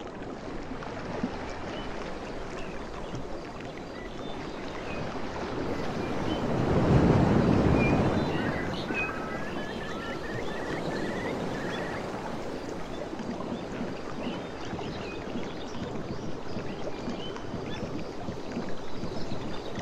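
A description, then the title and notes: Ocean beach sounds with a steady wash of surf filling the whole clip. A wave swells and breaks around seven seconds, the loudest moment, then recedes into a constant hiss. Faint bird chirps come through in the middle, around eight to ten seconds. Ocean Beach and Forest Sounds. This 1.5-hour audio recording captures the essence of a tranquil beach setting, with water white noise. Ocean waves, and soft water splashes.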